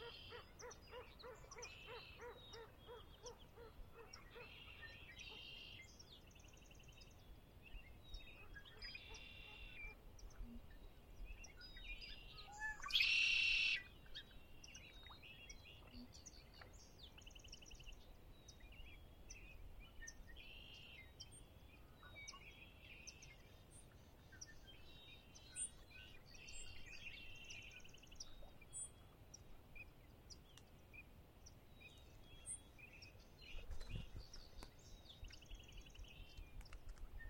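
A chilly spring dawn at Conner's Lake: a steady low rumble runs underneath while birds call sparsely throughout, mostly short, bright chirps and trills. A lower, hooting call sounds in the first few seconds, and louder bursts stand out near 13 and 34 seconds.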